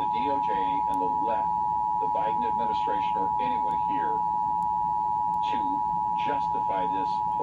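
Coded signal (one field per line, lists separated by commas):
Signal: Emergency Alert System (SAME) tones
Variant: 853 and 960 Hz attention tone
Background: speech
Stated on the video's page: Required Monthly Test relayed by Fort Worth, Texas radio and TV stations on AM, FM, HD subchannels and TV.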